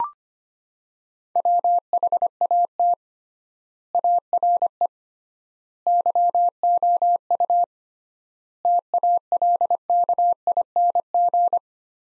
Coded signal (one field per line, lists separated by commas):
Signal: Morse code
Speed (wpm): 25 wpm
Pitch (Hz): 700 Hz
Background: none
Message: WHAT ARE YOU TALKING